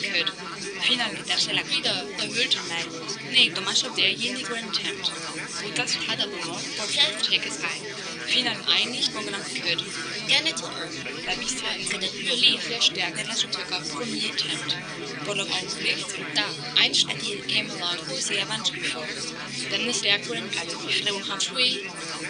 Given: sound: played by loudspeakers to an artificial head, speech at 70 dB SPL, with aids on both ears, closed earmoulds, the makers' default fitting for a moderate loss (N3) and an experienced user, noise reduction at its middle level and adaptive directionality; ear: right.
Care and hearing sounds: speech test signal (ISTS) in cocktail-party noise; -6 dB; in front (0 degrees)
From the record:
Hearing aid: class 2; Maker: A

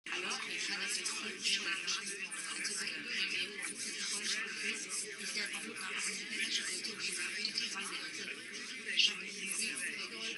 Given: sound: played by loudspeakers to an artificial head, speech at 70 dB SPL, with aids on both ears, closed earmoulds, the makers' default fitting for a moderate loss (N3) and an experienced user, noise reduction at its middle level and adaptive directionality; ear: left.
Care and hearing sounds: speech test signal (ISTS) in cocktail-party noise; -6 dB; on the right (90 degrees)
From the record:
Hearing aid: class 2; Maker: J

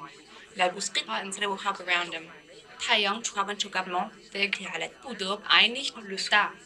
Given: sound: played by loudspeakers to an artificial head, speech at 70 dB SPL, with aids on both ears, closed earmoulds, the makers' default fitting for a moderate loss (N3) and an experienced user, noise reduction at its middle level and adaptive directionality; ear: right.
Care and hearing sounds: speech test signal (ISTS) in cocktail-party noise; +9 dB; in front (0 degrees)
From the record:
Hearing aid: class 2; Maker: E

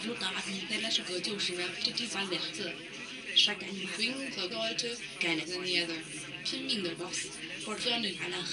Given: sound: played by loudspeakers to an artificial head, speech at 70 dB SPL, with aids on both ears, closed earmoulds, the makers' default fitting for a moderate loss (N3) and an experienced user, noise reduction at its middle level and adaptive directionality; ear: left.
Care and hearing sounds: speech test signal (ISTS) in cocktail-party noise; +6 dB; on the right (90 degrees)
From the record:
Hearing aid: class 2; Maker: B

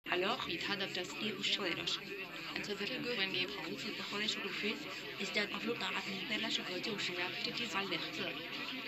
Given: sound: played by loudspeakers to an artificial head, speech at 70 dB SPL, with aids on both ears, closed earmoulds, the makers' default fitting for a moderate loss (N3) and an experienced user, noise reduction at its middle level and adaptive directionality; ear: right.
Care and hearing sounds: speech test signal (ISTS) in cocktail-party noise; +3 dB; in front (0 degrees)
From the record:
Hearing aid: class 1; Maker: D

